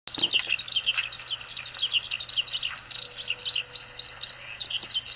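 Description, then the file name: Eurasian skylark pouring out a continuous high, warbling chatter of quick trills and chirps, with a couple of sharp clicks at start and end. On the ground, 2 May 2014. "ヒバリ地上 遠藤"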